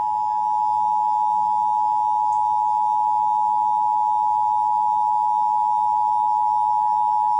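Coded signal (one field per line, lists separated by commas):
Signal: Emergency Alert System (SAME) tones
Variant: 853 and 960 Hz attention tone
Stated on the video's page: This is a real High Wind Warning received on an FM radio station for parts of North and Central Texas.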